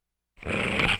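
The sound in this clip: Dog growling, a single rough, noisy snarl of about two-thirds of a second starting after a brief silence, with broad buzzy energy and no other sounds.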